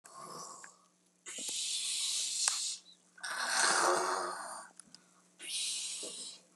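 An adult's slow, noisy breaths in and out while asleep, about four in six seconds, with a hissing, whistly snore and a faint steady hum.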